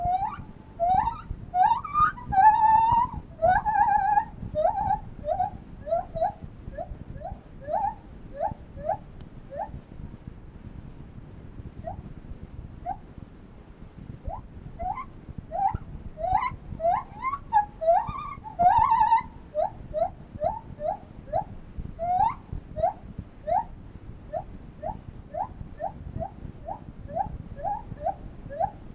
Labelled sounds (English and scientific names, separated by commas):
Lar Gibbon (Hylobates lar)